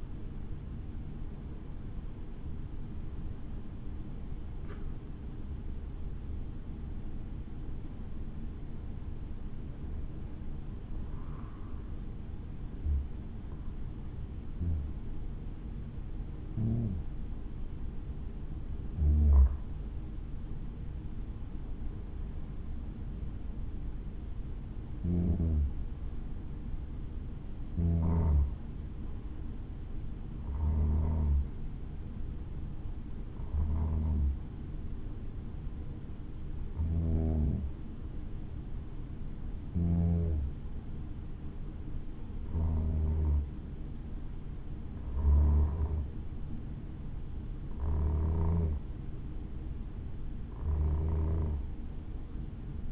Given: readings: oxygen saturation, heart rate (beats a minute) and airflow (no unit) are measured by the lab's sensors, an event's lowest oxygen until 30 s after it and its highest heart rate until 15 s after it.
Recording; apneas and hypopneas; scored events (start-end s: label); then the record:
breathing in sleep by a smartphone at the bedside; 1
13.00-41.50 s: hypopnea (N1, oxygen 96% highest, then 93% lowest, heart rate 64 at the start, 67 highest)
From the record:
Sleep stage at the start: N1 (lightest sleep); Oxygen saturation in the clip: 91 to 96%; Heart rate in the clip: 60 to 78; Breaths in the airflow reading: 18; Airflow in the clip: -6.9 to 7.4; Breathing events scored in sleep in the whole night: 216 in 7.0 hours asleep